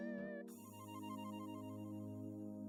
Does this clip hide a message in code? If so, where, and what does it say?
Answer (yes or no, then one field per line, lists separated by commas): no